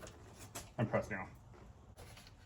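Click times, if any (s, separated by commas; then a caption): none. Someone talks while the cylinder 1 ignition coil of a 2006-2010 BMW M6 E63/E64 is handled and pressed down firmly onto the spark plug in the cylinder head, as part of a cylinder 1 misfire repair (codes 2B35, 2B42, 2772, 2789). Brief handling noises are heard around 0.8 to 1.3 seconds. Nothing has clicked or seated yet.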